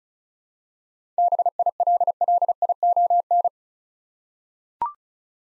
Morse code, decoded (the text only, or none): BILLION